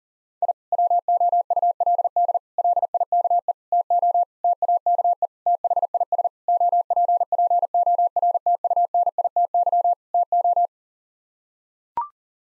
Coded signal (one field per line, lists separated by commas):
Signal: Morse code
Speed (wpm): 40 wpm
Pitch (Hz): 700 Hz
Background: none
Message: I WOULD LIKE TO TAKE THIS OPPORTUNITY TO